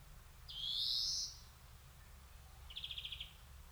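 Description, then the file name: European greenfinch giving a harsh, drawn-out wheezy note followed by a quick, evenly pulsed trill. "Chloris chloris"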